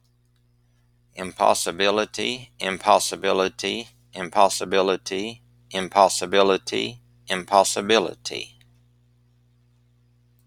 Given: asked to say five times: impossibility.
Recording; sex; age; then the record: repeated word; male; 50 to 59 years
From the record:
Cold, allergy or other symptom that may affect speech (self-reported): no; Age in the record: 57 years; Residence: Oklahoma, United States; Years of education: 16